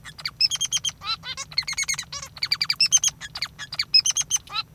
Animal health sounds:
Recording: song of a male Bengalese finch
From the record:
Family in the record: father 3

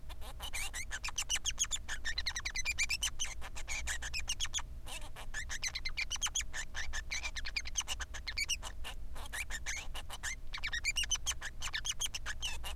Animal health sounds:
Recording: song of a male Bengalese finch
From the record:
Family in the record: son of father 3

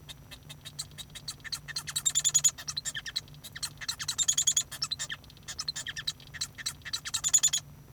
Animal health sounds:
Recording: song of a male Bengalese finch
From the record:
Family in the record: son of father 1

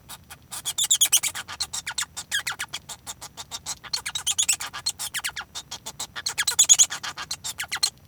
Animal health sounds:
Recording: song of a male Bengalese finch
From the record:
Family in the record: son of father 1

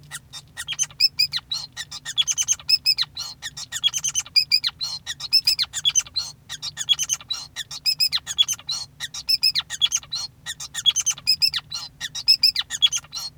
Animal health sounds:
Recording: song of a male Bengalese finch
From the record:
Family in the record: son of father 5

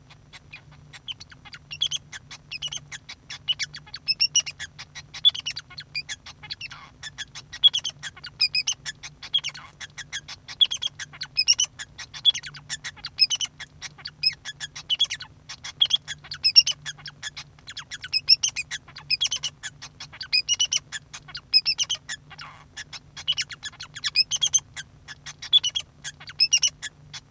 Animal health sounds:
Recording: song of a male Bengalese finch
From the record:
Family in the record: son of father 2

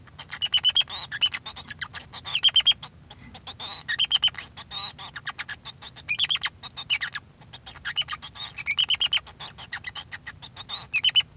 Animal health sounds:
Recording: song of a male Bengalese finch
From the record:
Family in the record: son of father 2

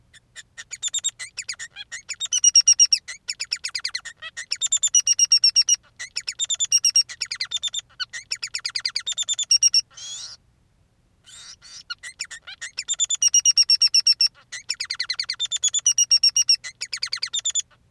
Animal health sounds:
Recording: song of a male Bengalese finch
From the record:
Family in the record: son of father 3

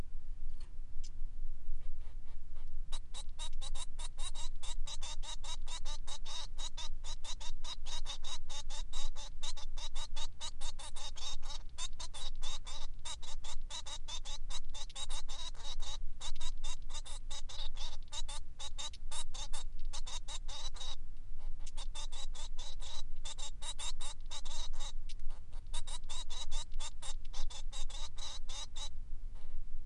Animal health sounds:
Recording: song of a male Bengalese finch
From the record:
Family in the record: son of father 3

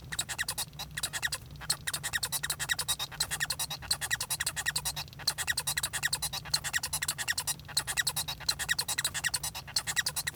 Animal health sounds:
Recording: song of a male Bengalese finch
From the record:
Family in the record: son of father 1

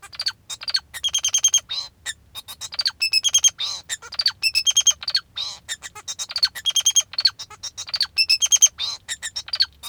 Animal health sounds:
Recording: song of a male Bengalese finch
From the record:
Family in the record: father 2

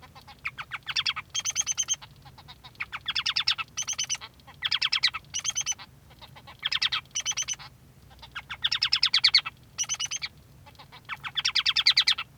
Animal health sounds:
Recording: song of a male Bengalese finch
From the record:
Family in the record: son of father 3

